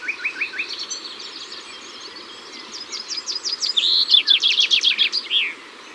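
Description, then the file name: Common chaffinch song: a few soft opening notes, then a brisk trill that grows louder and finishes with an emphatic flourish. In the Ardèche. "Pinson-Des-Arbres-Concerts-Naturels-De-l Ardeche"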